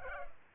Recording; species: mosquito wingbeat signal from an infrared sensor; Culex pipiens